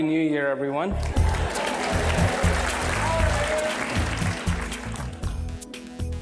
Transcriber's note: applause